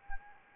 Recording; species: mosquito wingbeat signal from an infrared sensor; Anopheles arabiensis